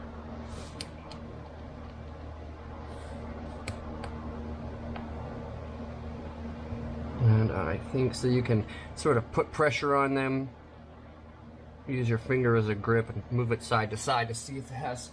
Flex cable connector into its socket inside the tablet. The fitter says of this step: those snapped back but once you hear that little click you know you got it and